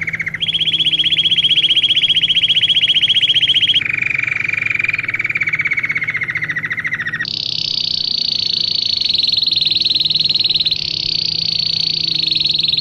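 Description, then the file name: Belgian canary singing continuous rolled tours, a steady mid-pitched trill, then a slightly falling lower roll, then a high bright trill sustained to the end. Plain-headed (non-crested) Belgian canary, described as Australian. "canto do canario belga cabeca lisa australiana"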